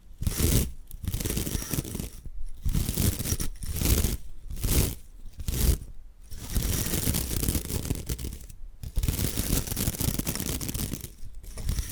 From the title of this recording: Bamboo Tapping, Scratching and Brushing Sounds